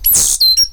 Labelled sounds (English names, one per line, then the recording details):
Stitchbird song
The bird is a male
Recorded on Tiritiri Matangi Island, New Zealand, in 2005
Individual 8, of nest box 10